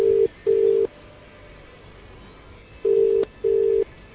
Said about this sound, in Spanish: Pues ya estamos marcando, ¿eh? A un tal Ron Dennis que vive... Primer tono. En Londres.